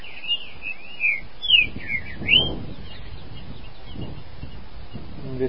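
Green-winged saltator song, several fluid whistled slurs in quick succession during the first two and a half seconds, then low background rumble and faint thuds.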